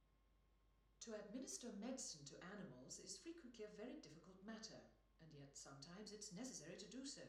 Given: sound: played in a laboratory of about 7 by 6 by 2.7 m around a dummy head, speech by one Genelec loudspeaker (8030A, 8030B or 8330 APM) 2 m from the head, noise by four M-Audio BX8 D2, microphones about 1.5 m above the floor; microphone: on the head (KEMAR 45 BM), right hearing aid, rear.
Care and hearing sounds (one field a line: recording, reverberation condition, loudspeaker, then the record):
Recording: female speech in English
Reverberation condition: medium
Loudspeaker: behind (180 degrees)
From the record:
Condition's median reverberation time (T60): about 510 ms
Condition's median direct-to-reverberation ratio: about -0.5 dB